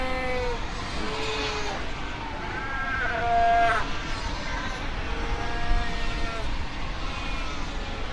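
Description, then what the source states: Fur seals calling with several long bleating wails, one loud and clear, amid a constant rumbling background. Fur seal colony.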